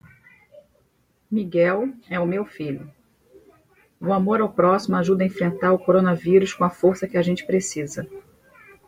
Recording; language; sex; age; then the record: spoken sentence; Brazilian Portuguese; female; 40 to 49 years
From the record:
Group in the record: control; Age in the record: 41 years